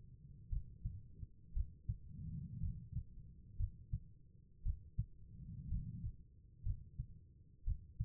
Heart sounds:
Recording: heart sounds by stethoscope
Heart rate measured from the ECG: 59 bpm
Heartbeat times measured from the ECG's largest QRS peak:
0.49 s: heartbeat
1.53 s: heartbeat
2.60 s: heartbeat
3.57 s: heartbeat
4.63 s: heartbeat
5.68 s: heartbeat
6.63 s: heartbeat
7.64 s: heartbeat
From the record:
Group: healthy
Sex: female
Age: 36 years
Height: 163 cm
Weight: 88 kg

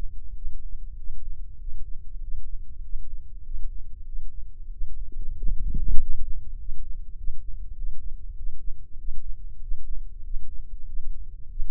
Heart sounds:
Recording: heart sounds by microphone in the left ear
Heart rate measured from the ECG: 97 bpm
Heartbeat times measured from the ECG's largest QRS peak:
0.31 s: heartbeat
0.94 s: heartbeat
1.56 s: heartbeat
2.18 s: heartbeat
2.80 s: heartbeat
3.41 s: heartbeat
4.03 s: heartbeat
4.68 s: heartbeat
5.34 s: heartbeat
5.96 s: heartbeat
6.56 s: heartbeat
7.14 s: heartbeat
7.73 s: heartbeat
8.33 s: heartbeat
8.95 s: heartbeat
9.58 s: heartbeat
10.21 s: heartbeat
10.84 s: heartbeat
11.46 s: heartbeat
From the record:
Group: healthy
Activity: Valsalva maneuver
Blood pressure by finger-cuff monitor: 116/85 mmHg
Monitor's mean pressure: 93 mmHg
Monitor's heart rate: 97 bpm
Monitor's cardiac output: 6.4 L/min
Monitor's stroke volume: 66 mL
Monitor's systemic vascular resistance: 1060 dyn s/cm5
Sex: male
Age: 21 years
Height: 180 cm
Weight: 67.5 kg

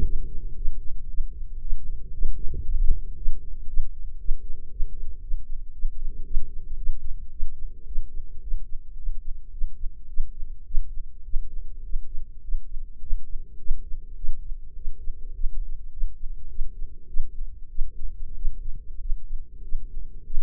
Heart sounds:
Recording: heart sounds by microphone in the right ear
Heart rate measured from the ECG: 107 bpm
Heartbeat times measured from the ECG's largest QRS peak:
0.04 s: heartbeat
0.57 s: heartbeat
1.09 s: heartbeat
1.61 s: heartbeat
2.13 s: heartbeat
2.65 s: heartbeat
3.17 s: heartbeat
3.68 s: heartbeat
4.20 s: heartbeat
4.71 s: heartbeat
5.22 s: heartbeat
5.74 s: heartbeat
6.25 s: heartbeat
6.78 s: heartbeat
7.32 s: heartbeat
7.87 s: heartbeat
8.42 s: heartbeat
8.97 s: heartbeat
9.52 s: heartbeat
10.08 s: heartbeat
10.66 s: heartbeat
11.25 s: heartbeat
11.84 s: heartbeat
12.42 s: heartbeat
13.01 s: heartbeat
13.59 s: heartbeat
14.17 s: heartbeat
14.75 s: heartbeat
15.33 s: heartbeat
15.91 s: heartbeat
16.49 s: heartbeat
17.08 s: heartbeat
17.69 s: heartbeat
18.35 s: heartbeat
19.00 s: heartbeat
19.62 s: heartbeat
20.25 s: heartbeat
From the record:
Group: healthy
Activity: rest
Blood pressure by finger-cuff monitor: 123/66 mmHg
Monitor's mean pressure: 80 mmHg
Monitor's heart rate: 112 bpm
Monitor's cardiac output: 10 L/min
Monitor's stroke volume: 88 mL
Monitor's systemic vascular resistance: 580 dyn s/cm5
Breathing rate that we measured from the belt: 19 breaths a minute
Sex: male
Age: 19 years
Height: 178 cm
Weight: 83 kg

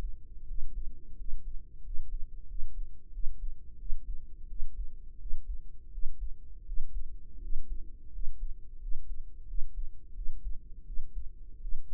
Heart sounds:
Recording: heart sounds by microphone in the right ear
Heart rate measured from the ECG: 86 bpm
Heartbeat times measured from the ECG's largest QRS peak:
0.44 s: heartbeat
1.14 s: heartbeat
1.80 s: heartbeat
2.45 s: heartbeat
3.10 s: heartbeat
3.75 s: heartbeat
4.45 s: heartbeat
5.16 s: heartbeat
5.89 s: heartbeat
6.63 s: heartbeat
7.38 s: heartbeat
8.09 s: heartbeat
8.77 s: heartbeat
9.44 s: heartbeat
10.12 s: heartbeat
10.83 s: heartbeat
11.58 s: heartbeat
From the record:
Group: healthy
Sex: female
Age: 32 years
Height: 168 cm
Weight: 61.9 kg

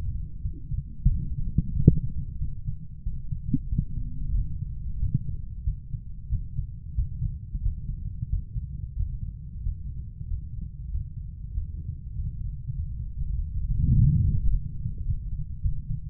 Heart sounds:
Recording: heart sounds by stethoscope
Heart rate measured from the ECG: 95 bpm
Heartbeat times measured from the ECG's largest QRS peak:
0.40 s: heartbeat
1.06 s: heartbeat
1.72 s: heartbeat
2.37 s: heartbeat
3.02 s: heartbeat
3.68 s: heartbeat
4.34 s: heartbeat
4.98 s: heartbeat
5.63 s: heartbeat
6.28 s: heartbeat
6.94 s: heartbeat
7.61 s: heartbeat
8.28 s: heartbeat
8.95 s: heartbeat
9.61 s: heartbeat
10.26 s: heartbeat
10.90 s: heartbeat
11.52 s: heartbeat
12.13 s: heartbeat
12.73 s: heartbeat
13.33 s: heartbeat
13.91 s: heartbeat
14.47 s: heartbeat
15.03 s: heartbeat
15.60 s: heartbeat
From the record:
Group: healthy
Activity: Valsalva maneuver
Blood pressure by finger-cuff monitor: 135/83 mmHg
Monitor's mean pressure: 98 mmHg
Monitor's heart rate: 92 bpm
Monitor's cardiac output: 6.3 L/min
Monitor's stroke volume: 69 mL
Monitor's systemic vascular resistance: 1160 dyn s/cm5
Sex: female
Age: 43 years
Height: 160 cm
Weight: 90 kg

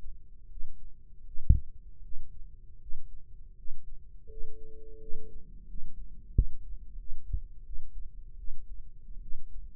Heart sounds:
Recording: heart sounds by microphone in the left ear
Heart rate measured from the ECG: 83 bpm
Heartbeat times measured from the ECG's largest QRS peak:
0.49 s: heartbeat
1.25 s: heartbeat
2.02 s: heartbeat
2.80 s: heartbeat
3.56 s: heartbeat
4.29 s: heartbeat
5.00 s: heartbeat
5.67 s: heartbeat
6.33 s: heartbeat
6.98 s: heartbeat
7.65 s: heartbeat
8.38 s: heartbeat
9.21 s: heartbeat
From the record:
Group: healthy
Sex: female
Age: 37 years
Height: 168 cm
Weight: 70 kg

